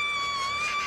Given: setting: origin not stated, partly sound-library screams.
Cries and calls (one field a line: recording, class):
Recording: one-second piece from a danger detection set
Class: woman in danger